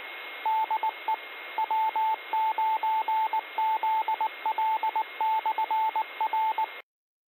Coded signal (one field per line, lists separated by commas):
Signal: Morse code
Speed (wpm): 19 wpm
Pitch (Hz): 880 Hz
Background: radio noise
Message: DE W9ZL/R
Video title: FOX CITIES AMATEUR RADIO, COFFEE CLUTCH NET, MONDAY, 2024 01 15 09 30 33